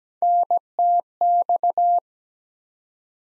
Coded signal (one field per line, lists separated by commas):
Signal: Morse code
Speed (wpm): 17 wpm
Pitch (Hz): 700 Hz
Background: none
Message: NTX